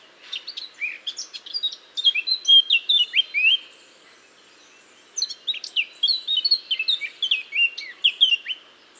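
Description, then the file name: Eurasian blackcap singing two bursts of fast, varied warbling with sliding whistled notes, separated by a short pause. "Sylvia atricapilla"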